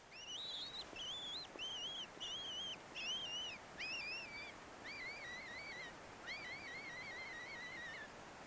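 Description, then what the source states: European honey buzzard chick calls: a loose series of thin whistled notes with a wavering, rising-falling shape, over a steady background hiss. Five-week-old chick waking at 4:30 in the morning, 10 August 2002, north of Scotland; nest 30 metres up in a Douglas fir; very quiet calls; microphone placed by the nest.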